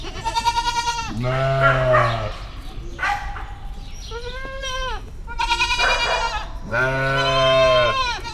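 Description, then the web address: Goats bleating: a run of loud, rough bleats, some deep and some higher-pitched, following in quick succession. Recorded in the farmyard section of Szeged Zoo in 2011. "allathangok szegedizoo 2011 standardt parasztudvar mudikecske"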